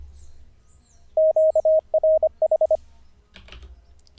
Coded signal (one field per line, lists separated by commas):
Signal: Morse code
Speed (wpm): 25 wpm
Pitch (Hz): 630 Hz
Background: none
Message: QRH